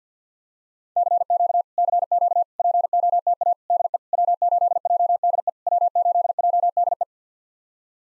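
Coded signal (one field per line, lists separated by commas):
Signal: Morse code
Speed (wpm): 48 wpm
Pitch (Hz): 700 Hz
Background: none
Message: CQ CQ POTA DE W8JDE W8JDE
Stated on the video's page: Morse practice of POTA (Parks on the Air) QSO exchanges at 50 wpm; each exchange sent, spoken, then sent again.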